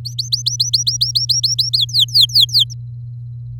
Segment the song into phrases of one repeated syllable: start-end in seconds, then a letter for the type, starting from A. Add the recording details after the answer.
0.05-1.77 A, 1.78-2.74 B. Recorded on 10 May 2018 at 12:56. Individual llb16